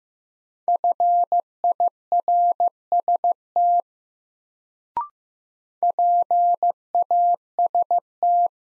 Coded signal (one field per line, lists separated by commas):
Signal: Morse code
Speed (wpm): 15 wpm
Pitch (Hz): 700 Hz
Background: none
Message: FIRST PAST